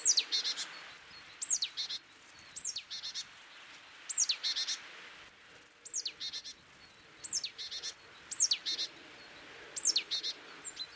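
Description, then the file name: Great tit calling in a series of phrases, each a sharp descending whistle followed by a dry rapid chatter, over light background noise. "Parus major"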